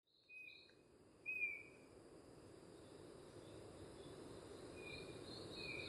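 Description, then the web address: Chestnut-backed antbird giving clear whistled notes, two short pairs spaced several seconds apart, over steady high insect buzzing and a low background hiss. Recorded in Gandoca-Manzanillo, Costa Rica. "Gandoca-Manzanillo Aves myrmeciza exsul"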